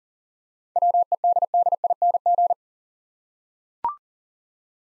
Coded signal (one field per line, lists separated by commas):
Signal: Morse code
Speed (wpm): 39 wpm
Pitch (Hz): 700 Hz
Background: none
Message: WEDDING